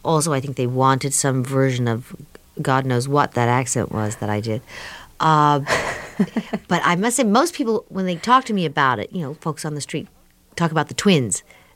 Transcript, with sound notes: Also, I think they wanted some version of - God knows what that accent was that I did.
(Laughter).
But I must say, most people, when they talk to me about it - you know, folks on the street talk about the twins